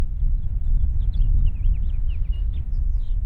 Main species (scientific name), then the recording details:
Haemorhous mexicanus. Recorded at North Valley Stream on Long Island, New York, on 11 June 1975. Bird A